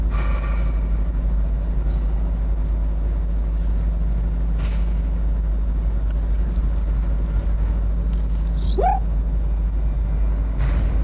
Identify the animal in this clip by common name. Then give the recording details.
Arctic Fox. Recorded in captivity. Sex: male. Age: adult. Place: Zoologisches Institut der HUB, Berlin, DE. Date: 1957-01-10. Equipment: Elmetra. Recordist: Tembrock, Günter